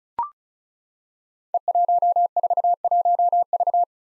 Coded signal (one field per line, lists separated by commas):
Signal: Morse code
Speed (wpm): 36 wpm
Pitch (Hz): 700 Hz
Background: none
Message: E141V